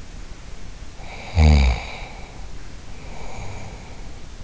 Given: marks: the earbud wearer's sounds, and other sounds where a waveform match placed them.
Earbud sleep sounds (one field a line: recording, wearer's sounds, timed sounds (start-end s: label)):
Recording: sounds in sleep by an in-ear microphone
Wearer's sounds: snoring breath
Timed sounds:
0.94-4.04 s: snoring breath